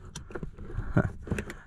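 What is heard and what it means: A flip-up rear seat storage panel in the cab of a 2021 GMC Sierra 1500 3.0L Duramax pickup is pushed several times into its latch, with short sharp knocks near 1.0 s and 1.4 s among softer rattles. The panel does not lock, so nothing has seated or clicked yet.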